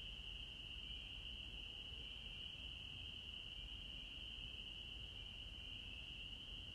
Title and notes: 6 de Abril 21:40 h. Holliston, Massachusetts. EEUU. Los únicos ruidos eran los grillos y las ranas.